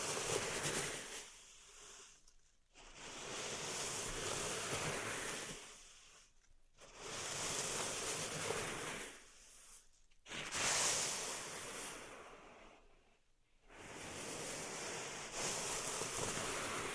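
Pink salt in a zen garden is swept in long, gritty swishes, each lasting two to three seconds, with short silent pauses between them. The strokes come at a fairly even pace, about five in all, bright and hissy like surf washing in.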